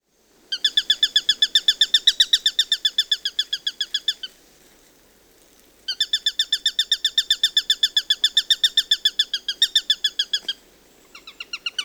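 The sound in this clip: Eurasian sparrowhawk calling in two long, rapid bursts of harsh, ringing kek notes, each several seconds long, with a brief pause between them and a short final burst.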